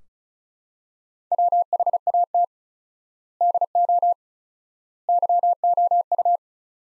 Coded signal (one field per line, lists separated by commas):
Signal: Morse code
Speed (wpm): 34 wpm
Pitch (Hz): 700 Hz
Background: none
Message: WHAT DO YOU